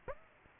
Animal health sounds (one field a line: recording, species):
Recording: mosquito wingbeat signal from an infrared sensor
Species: Aedes aegypti